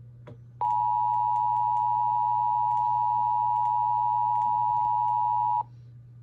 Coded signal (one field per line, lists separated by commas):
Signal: Emergency Alert System (SAME) tones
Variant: 853 and 960 Hz attention tone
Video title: EAS 920: CTP SVA